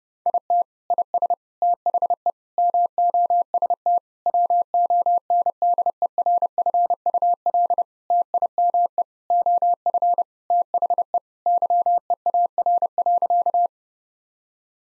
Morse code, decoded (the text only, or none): IT IS THE MOST WONDERFUL TIME OF THE YEAR.